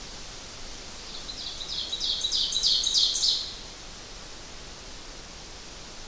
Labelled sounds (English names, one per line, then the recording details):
Ovenbird song
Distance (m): 30 m
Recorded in boreal forest in Alberta, Canada, on 12 June 2016 at 07:16
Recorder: SongMeter 3, array SBT-3-18
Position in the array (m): 119 m, 108 m
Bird 29